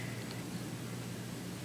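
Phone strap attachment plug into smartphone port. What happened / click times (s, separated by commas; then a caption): The small plug is only handled; nothing seats / none. The two prongs of a small Danglet phone strap attachment plug are squeezed to get it ready before it slides into an iPhone's port. Steady broadband hiss with a low hum is heard, with one brief faint handling tick at about 0.3 s. Nothing has seated or clicked yet.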